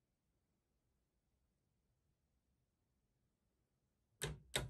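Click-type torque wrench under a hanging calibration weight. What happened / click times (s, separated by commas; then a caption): The torque wrench's break mechanism clicked / 4.6 s. A click-type torque wrench clamped in a vice has a calibration weight hung on it to check its calibration. After about four seconds of near silence, a sharp broadband tap sounds at 4.2 s, followed by a louder, crisp click at 4.6 s. That click is the wrench's break mechanism releasing before the full weight is applied, so the wrench clicks too early.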